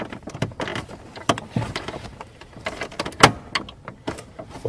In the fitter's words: they're both locked into place now